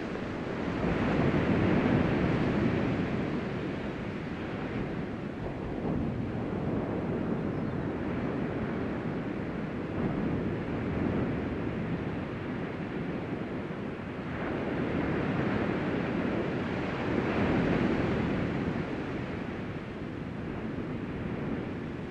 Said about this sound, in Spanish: Ahora, mientras escuchas el sonido de las olas del mar, ve moviendo tu cuerpo a una postura más relajada.